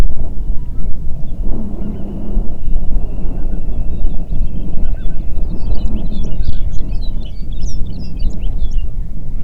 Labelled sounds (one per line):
songbird
waterfowl
wind